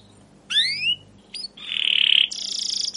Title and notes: CUIT CUIT NGEROL LANGSUNG GACOR PANJANG Kenari Ini Utk Pancingan KENAR. PANCINGAN Kenari GACOR PANJANG Cuit CUIT EMOSI ini utk MASTERAN Kenari PAUD belajar BUNYI. burung kenari